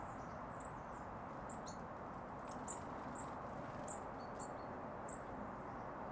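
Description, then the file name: Eurasian blue tit giving thin, very high, short call notes, single and in pairs, scattered throughout over a steady low background rush. "Cyanistes caeruleus"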